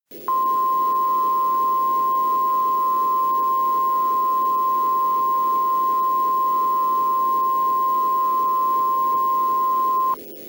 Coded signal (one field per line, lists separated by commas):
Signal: Emergency Alert System (SAME) tones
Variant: 1050 Hz attention tone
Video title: EAS: Civil Danger Warning for Adams County, NE